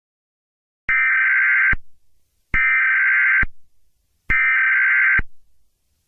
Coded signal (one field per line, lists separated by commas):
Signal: Emergency Alert System (SAME) tones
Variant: header bursts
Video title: Eas scenario 8: Fortnite Ranks